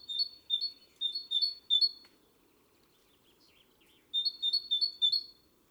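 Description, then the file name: Great tit repeating sharp, high two-note notes in two quick runs separated by a pause with a few soft chirps, over a faint low background hum. "Parus major"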